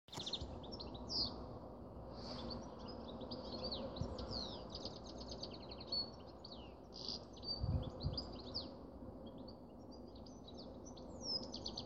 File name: Canary Voice